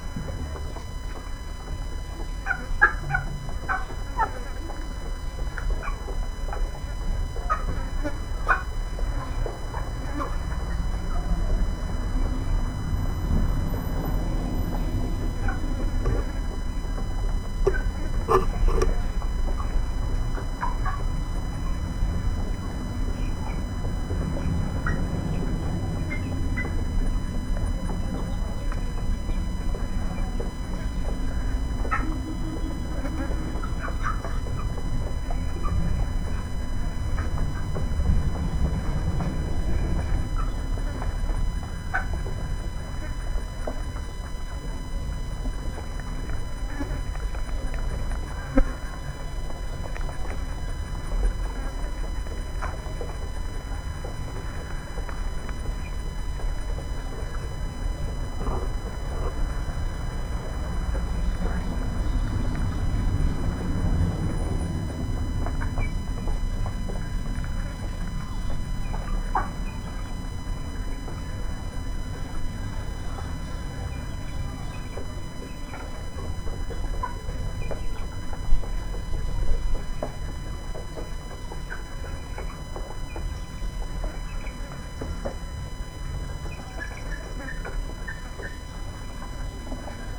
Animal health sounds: poultry house recording; background noise or bird activity such as feeding and pecking

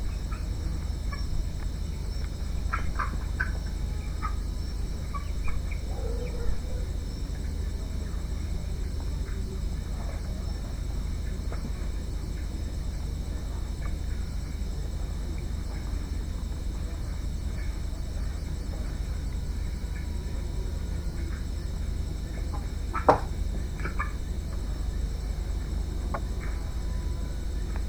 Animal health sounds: poultry house recording; healthy chickens

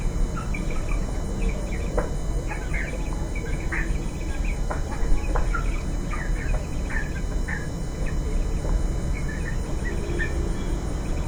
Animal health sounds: poultry house recording; healthy chickens

